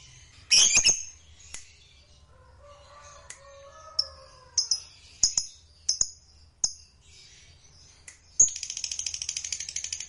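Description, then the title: Lovebird chirps, scattered sharp high notes and a few thin whistled lines, ending in a loud burst of rapid buzzy chatter; faint low hum underneath. Lovebird singing with spontaneous excitement, meant to rouse a lazy, quiet lovebird into song. "LOVEBIRD Malas Bunyi JADI GREGET SPONTAN Langsung NARIK"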